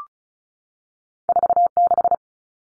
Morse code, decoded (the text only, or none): 46